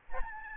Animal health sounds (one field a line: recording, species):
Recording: mosquito wingbeat signal from an infrared sensor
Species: Aedes albopictus